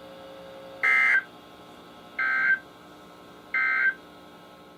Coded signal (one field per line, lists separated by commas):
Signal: Emergency Alert System (SAME) tones